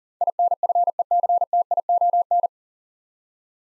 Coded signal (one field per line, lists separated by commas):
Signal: Morse code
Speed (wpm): 41 wpm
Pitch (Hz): 700 Hz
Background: none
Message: INFECTION